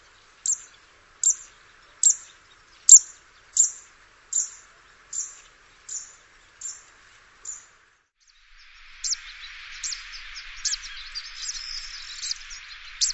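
Bird calls: a clean run of ten high, clipped chirps at even spacing, fading toward the end, then more chirps over hissy noise.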